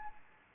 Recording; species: mosquito wingbeat signal from an infrared sensor; Anopheles arabiensis